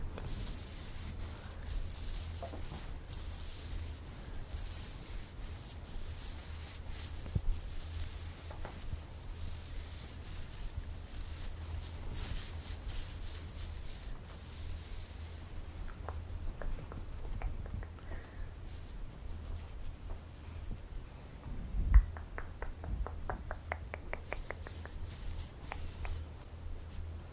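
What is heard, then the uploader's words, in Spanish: Scratching and combing through hair, a soft, dense rustle that runs steadily for the whole stretch, with bright hissy bursts in the first half. Later come quicker, ticking strokes in short runs, a low hum sits underneath, and one sharper knock lands near 22 seconds. Masaje Capilar - peinando y rascando el pelo.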